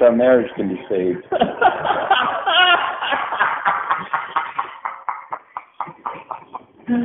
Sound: laugh